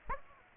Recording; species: mosquito wingbeat signal from an infrared sensor; Aedes aegypti